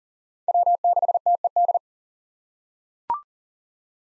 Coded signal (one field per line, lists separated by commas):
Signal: Morse code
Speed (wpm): 40 wpm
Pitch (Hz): 700 Hz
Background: none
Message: W6TED